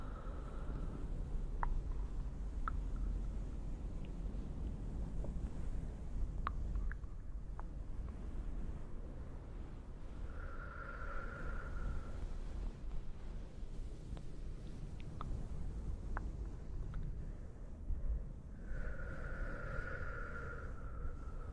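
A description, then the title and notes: Towel and fluffy cave sounds: a steady, dense low rumble runs throughout, dotted with faint scattered ticks and taps. A soft, hollow humming tone swells and fades near the start, around 11 seconds, and again from about 19 seconds on. ASMR no talking towel and fluffy CAVE SOUNDS (delicate echo).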